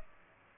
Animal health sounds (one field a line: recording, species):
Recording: mosquito wingbeat signal from an infrared sensor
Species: Aedes aegypti